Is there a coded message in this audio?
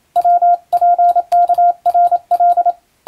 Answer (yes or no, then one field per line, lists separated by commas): yes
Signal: Morse code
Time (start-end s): 0.2-2.7 s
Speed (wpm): 27 wpm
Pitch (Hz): 700 Hz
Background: none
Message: WPKRL